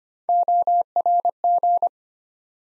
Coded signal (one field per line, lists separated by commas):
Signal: Morse code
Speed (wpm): 25 wpm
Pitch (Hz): 700 Hz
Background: none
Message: ORG